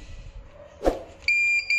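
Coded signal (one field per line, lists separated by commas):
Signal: beep code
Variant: Hikvision DVR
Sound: a soft thump, then a loud continuous high buzzer beep that briefly flickers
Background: room noise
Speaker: इसमें हार्ड डिस्क नहीं स्टॉल है इसीलिए ये बीप की आवाज़ ए रही है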